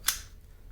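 The cam of an Ojmar combination cam lock, set to its recovered code after the decoding lever is released, turns in its housing. A single loud, sharp mechanical snap rings out at 0.1 s and quickly fades. The lock opens, confirming the code is fully recovered.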